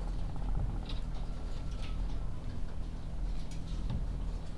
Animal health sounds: poultry house recording; sick chickens (respiratory disease)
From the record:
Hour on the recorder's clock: 14

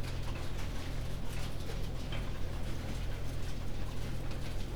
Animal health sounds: poultry house recording; no chicken sound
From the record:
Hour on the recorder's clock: 19

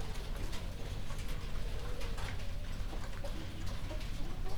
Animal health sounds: poultry house recording; healthy chickens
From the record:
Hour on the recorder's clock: 22

